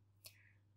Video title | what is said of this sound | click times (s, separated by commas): FZ Fi Fuel Pump Filter Cleaning / filter को कैसे साफ़ करें | अभी हम कवर को लगा लेते हैं सबको बस प्रेस कर देना है और चारों जो लीवर्स है वो अपने पोजीशन में अपने सॉकेट में लॉक हो जाएगा और | 0.3 s